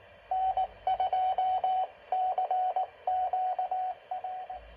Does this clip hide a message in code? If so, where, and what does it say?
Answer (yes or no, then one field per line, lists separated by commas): yes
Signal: Morse code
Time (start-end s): 0.3-4.6 s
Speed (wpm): 19 wpm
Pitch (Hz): 740 Hz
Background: radio noise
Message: N2CQR